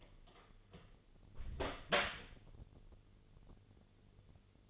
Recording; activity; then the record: daily activity, microphone in the room; close door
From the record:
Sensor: 4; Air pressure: 1016.0 hPa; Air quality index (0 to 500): 199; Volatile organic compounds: 11 ppm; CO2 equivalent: 2273 ppm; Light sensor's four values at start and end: 9/20/8/7 and 9/20/8/7